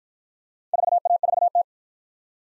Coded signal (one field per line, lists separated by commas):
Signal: Morse code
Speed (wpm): 51 wpm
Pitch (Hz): 700 Hz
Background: none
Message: 4A4T